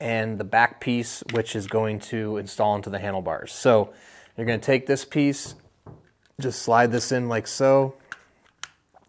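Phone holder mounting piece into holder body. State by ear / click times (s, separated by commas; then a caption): seated / 8.6 s. Someone talks while sliding the plastic back mounting piece of a sixthreezero bike phone holder, the piece that installs onto the handlebars, into the holder body. A sharp click at 8.6 s, followed by a few faint ticks, marks the back piece latching and seating in the body.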